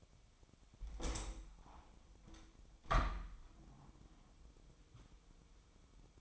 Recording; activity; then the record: daily activity, microphone in the room; open window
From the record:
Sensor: 1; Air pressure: 1006.4 hPa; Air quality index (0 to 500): 207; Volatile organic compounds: 23 ppm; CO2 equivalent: 2782 ppm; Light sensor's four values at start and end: 11/29/11/13 and 12/32/12/14